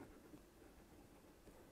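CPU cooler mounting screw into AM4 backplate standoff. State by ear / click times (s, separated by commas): not seated / none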